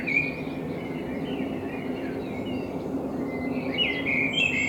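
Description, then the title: Common blackbird singing fluted warbling phrases with squeaky high flourishes, set against constant low rumbling noise. Binaural dummy-head recording made in front of the recordist's window with a homemade dummy head, intended for headphone listening. "Kunstkopfaufnahme der Amsel vor meinem Fenster"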